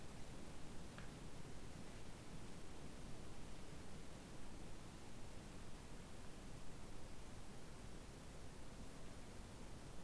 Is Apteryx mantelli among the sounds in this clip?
no